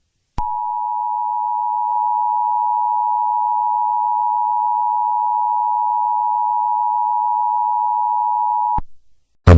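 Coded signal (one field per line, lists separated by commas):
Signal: Emergency Alert System (SAME) tones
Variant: 853 and 960 Hz attention tone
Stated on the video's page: Fictional EAS scenario generated with EAS Simulator Pro software.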